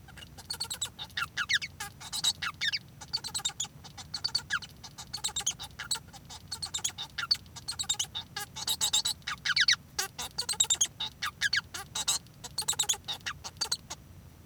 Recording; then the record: song of a male Bengalese finch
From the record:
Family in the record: son of father 1